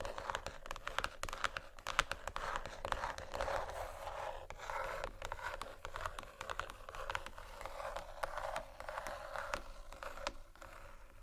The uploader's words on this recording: Marble, wood, tapping, scratching, crinkles, etc （No Talking）.